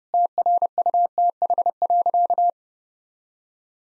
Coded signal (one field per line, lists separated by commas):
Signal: Morse code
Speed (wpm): 30 wpm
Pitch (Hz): 700 Hz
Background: none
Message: TRUTH.